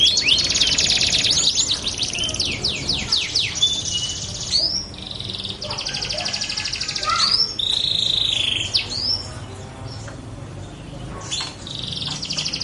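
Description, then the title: Belgian canary song, opening with rapid sweeping trills, then softer scattered chirps and short phrases that fade and return unevenly. Belgian canary song used to warm up canaries and prompt them to sing along within seconds. "Canto Para Esquentar Canário Belga. LANGSUNG NYAUT. Pancingan suara kenari hitungan detik langsung ikut bunyi"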